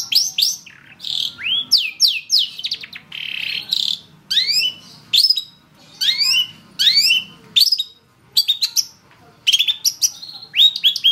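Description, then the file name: Long-tailed shrike song, lively sequence of sweeping, slurred high whistles and sharp chips, delivered in quick overlapping phrases. Used for training songbirds by bird keepers. "cendet-master 4-omkicau"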